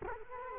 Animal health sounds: mosquito wingbeat signal from an infrared sensor; Culex quinquefasciatus

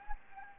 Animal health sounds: mosquito wingbeat signal from an infrared sensor; Anopheles gambiae

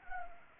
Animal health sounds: mosquito wingbeat signal from an infrared sensor; Anopheles arabiensis

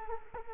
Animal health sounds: mosquito wingbeat signal from an infrared sensor; Culex quinquefasciatus

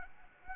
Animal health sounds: mosquito wingbeat signal from an infrared sensor; Anopheles arabiensis

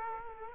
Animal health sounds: mosquito wingbeat signal from an infrared sensor; Culex quinquefasciatus

